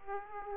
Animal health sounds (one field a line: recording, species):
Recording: mosquito wingbeat signal from an infrared sensor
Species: Aedes aegypti